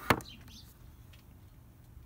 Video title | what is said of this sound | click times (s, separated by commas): How to set up SM4 bat detector | all you do gently press in until you hear a click | 0.1 s